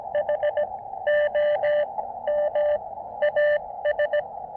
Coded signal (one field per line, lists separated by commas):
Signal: Morse code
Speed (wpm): 20 wpm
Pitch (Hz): 590 Hz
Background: radio noise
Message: HOMAS